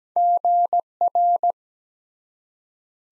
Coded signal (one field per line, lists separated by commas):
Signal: Morse code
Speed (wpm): 17 wpm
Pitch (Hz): 700 Hz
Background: none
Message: GR